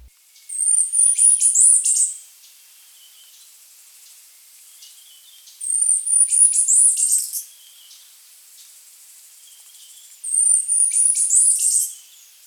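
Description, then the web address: Chestnut-capped brush-finch singing three high, thin phrases of quick sharp notes, each about one and a half seconds long, repeated every four to five seconds. Recorded in Ecuador. "Birds of Ecuador. Chestnut-Capped Brush-Finch"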